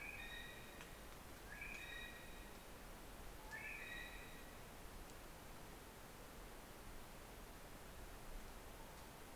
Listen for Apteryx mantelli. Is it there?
yes